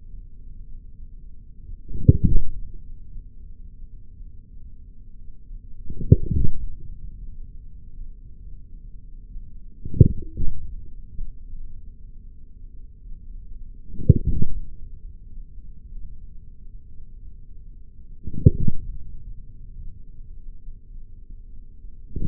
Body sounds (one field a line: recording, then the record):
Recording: forearm muscle sounds (acoustic myography)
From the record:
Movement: forearm pronation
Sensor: system 3, bracelet of six PUI Audio POM-2738L microphones around the upper forearm, with dedicated amplification and filtering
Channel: 3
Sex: male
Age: 43 years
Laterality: right